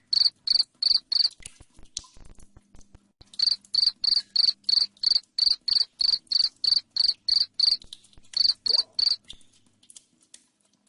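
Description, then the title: Cricket giving sharp, high chirps in quick regular runs, roughly three per second, broken by a pause of about two seconds before the chirping resumes. Loud cricket chirping played to make lovebirds sing continuously (ngekek). "Suara JANGKRIK NGERIK Keras Bikin LOVEBIRD Jadi NGEKEK Terus Vubey"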